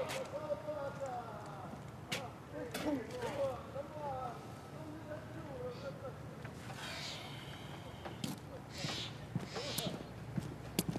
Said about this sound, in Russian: Мимо проезжает на лошади.